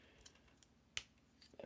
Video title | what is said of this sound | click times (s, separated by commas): Maxwell's Reviews: Transformers WFC Kingdom Voyager Class Dinobot | go click into place and then this tab will go right into the back of his head here | 1.0 s